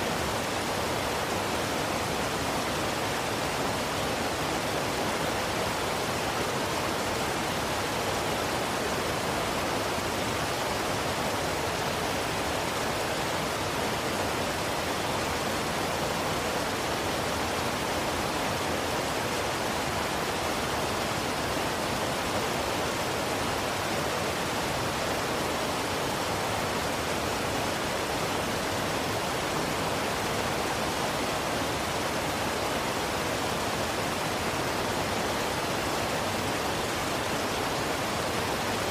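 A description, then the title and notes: Waterfall and river water pour in a steady, dense rush that never lets up across the whole clip. The sound is even and hissing, spread from a low rumble up to bright spray, with no separate splashes or other sounds standing out. Waterfall Sounds For Sleeping + River White Noise.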